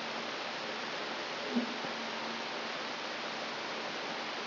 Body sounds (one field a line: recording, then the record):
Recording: brain microelectrode recording played as sound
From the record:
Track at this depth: inside the subthalamic nucleus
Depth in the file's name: 2.348 mm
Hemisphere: right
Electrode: 3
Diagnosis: Parkinson's disease